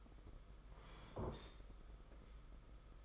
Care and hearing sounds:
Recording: daily activity, microphone in the room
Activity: sit down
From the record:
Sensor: 5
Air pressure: 991.8 hPa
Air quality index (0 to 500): 141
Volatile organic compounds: 121 ppm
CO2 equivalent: 3882 ppm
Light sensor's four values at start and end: 32/108/40/43 and 32/108/40/43

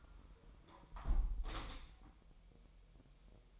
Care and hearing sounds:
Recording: daily activity, microphone in the room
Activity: close window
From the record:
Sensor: 1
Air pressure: 1000.4 hPa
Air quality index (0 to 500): 248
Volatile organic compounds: 143 ppm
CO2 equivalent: 3990 ppm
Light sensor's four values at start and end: 11/27/11/12 and 10/25/10/11

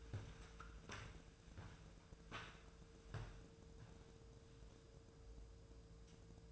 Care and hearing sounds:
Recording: daily activity, microphone in the room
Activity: walk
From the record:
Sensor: 2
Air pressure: 1005.3 hPa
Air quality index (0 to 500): 98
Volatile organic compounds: 2 ppm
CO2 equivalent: 1185 ppm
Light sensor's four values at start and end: 8/20/8/8 and 8/20/8/8

